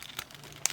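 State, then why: Not seated. A Marvel Legends Wendigo Build-a-Figure head is pushed onto its plastic torso peg, with faint crinkly rustling and a few soft ticks, then one sharp, very brief tick at about 0.7 s. The head has not snapped or locked onto the torso; nothing has clicked into place.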